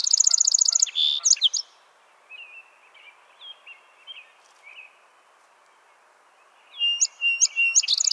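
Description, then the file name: Song sparrow song ending with a trill and buzz, soft scattered notes in a quiet stretch, then a new song starting with sharp introductory notes. "Melospiza melodia - Song Sparrow"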